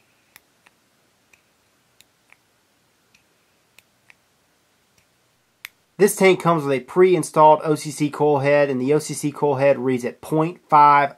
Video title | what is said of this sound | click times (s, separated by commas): Kanger Subtank Mini Sub ohm - Greensmoking.co.il | or you can close it off all the way and every time you turn it it clicks into place | 0.4 s, 2.0 s, 2.3 s, 3.8 s, 4.1 s